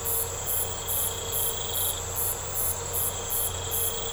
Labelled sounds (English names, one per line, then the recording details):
none
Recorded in secondary vegetation near Puerto Asís, Putumayo, Colombia, on 4 March 2025 at 04:00
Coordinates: 0.468, -76.324
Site G059